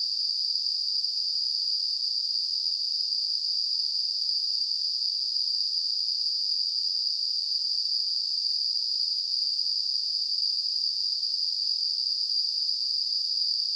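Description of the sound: A steady, unbroken high-pitched hiss centred near 4–5 kHz runs for about 14 seconds without change in loudness. It simulates tinnitus, the constant ringing or hissing in the ears heard without any outside sound.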